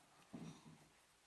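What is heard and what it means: A first attempt is made to lock a newly fitted steering lock (neiman) on a Citroën 2CV, meant to drive its bolt into the steering column. A short, low, muffled rumble is heard at about 0.3–0.5 s, with a fainter one around 0.7 s. The lock has not locked, and nothing has clicked yet.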